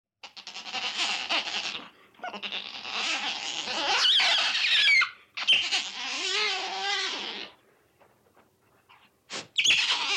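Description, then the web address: Otter giving long shrill squeals, three sustained bouts with wavering pitch, then a pause and short squeals at the close. "animal otter"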